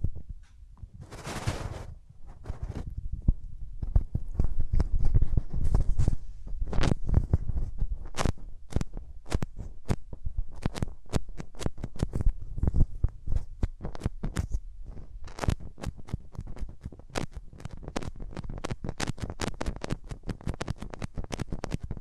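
Hands rub over the microphone ears in a continuous rustling, full and low with frequent sharp crackling bursts scattered throughout. A heavy, louder swishing stretch comes near the start, then the rubbing settles into an uneven, steady rhythm without any talking.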